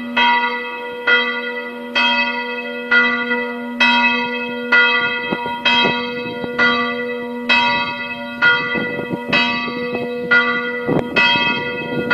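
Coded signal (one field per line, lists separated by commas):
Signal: clock strike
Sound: a single church bell struck about twelve times, evenly, roughly once per second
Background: outdoor ambience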